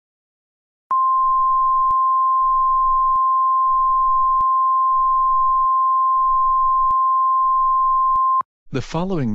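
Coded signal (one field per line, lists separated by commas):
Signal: Emergency Alert System (SAME) tones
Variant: 1050 Hz attention tone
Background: speech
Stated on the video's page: Fictional EAS scenario, a recreation.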